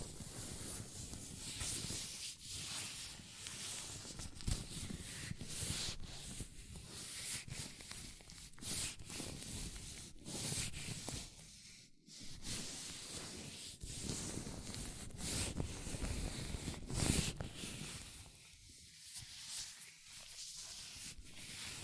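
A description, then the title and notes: Hands in latex gloves rubbing and squeaking against each other, a continuous rough friction that swells and fades in uneven strokes. Brief brighter squeaks and snaps stand out now and then, with a short quiet dip near twelve seconds. ASMR Latex Gloves Hand Sounds (No Talking).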